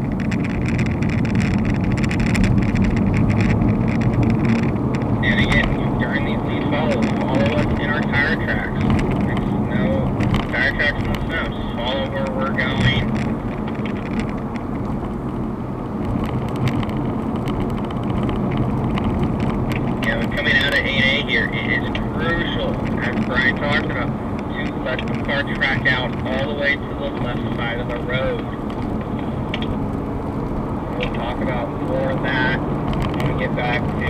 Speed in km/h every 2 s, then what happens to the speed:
60, 68, 77, 76, 76, 71, 69, 71, 71, 72, 76, 72, 71, 77, 85, 87, 89.
0-4 speeds up to 77. 4-12 slows to 69. 12-25 steady at about 71. 25-28 speeds up to 85. 28-34 steady at about 87.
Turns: 0-4.